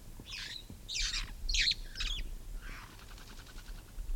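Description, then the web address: Red-fronted parrot calls, four quick rasping squawks followed by a softer, fading call with a faint buzzy trill. "parrots poicephalus-gulielmi"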